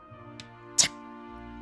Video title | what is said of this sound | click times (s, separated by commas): [📦언박싱📦] 폴드8 vs 폴드8울트라, 당신의 선택은?! (+워치울트라2) | Then, when you unfold it this much, it clicks. | 0.8 s